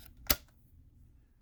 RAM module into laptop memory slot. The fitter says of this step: And they just, you know, they go in there until you hear the satisfying click.